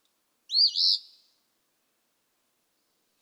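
Eastern phoebe singing one burry two-note phrase, then quiet until the next phrase begins at the very end.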